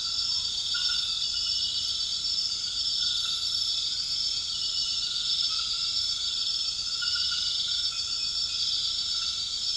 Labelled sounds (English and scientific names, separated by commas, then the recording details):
none
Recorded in pastures near Puerto Asís, Putumayo, Colombia, on 8 March 2025 at 23:30
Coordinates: 0.472, -76.329
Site G074